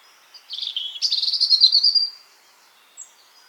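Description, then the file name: European robin song phrase, a thin high warbling run of rapid twittering notes lasting about a second and a half, then a faint short note. "Erithacus rubecula"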